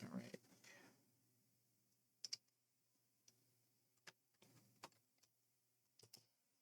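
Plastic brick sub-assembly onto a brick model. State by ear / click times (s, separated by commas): seated / 2.2 s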